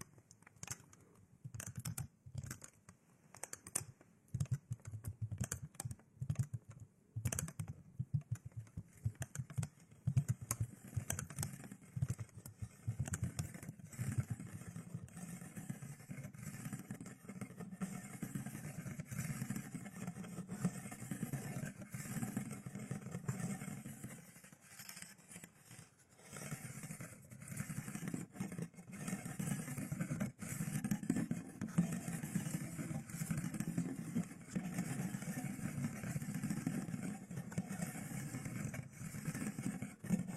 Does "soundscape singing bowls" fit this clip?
no